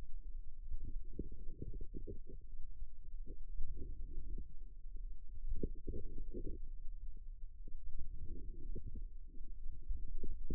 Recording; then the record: forearm muscle sounds (acoustic myography)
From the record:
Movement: outward rotation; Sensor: system 2, bracelet of six BSWA MPA416 microphones around the upper forearm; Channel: 6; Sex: female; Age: 22 years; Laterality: right